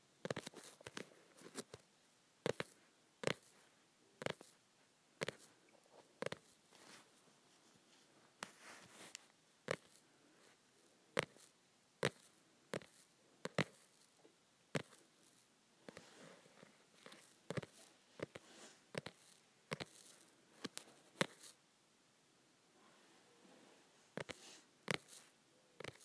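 Fingers tap on softcover books in sharp, dry knocks, irregular and fairly frequent, sometimes in quick pairs, over near silence.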